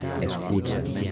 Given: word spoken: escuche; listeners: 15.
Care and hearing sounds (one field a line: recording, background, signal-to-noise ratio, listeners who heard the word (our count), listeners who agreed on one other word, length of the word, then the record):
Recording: one Spanish word in noise, from a listening test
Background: eight-talker babble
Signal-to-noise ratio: -1.7 dB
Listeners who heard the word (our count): 1 of 15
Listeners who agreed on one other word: 8 of 15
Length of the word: 0.72 s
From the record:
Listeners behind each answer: 8, 1, 1, 1, 1, 1, 1, 1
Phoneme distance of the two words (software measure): 10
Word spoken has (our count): 3 syllables, 6 phonemes, stress on syllable 2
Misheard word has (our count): 3 syllables, 6 phonemes, stress on syllable 2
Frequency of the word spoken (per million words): 3.71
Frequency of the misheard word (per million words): 25.95